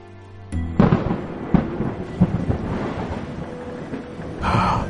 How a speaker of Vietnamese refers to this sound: Sấm chớp lại tiếp tục đánh xuống khu rừng âm phủ.